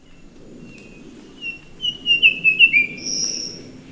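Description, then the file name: Verditer flycatcher song: a short run of clear whistled notes, ending with a higher sustained whistle. "sikatan biru muda"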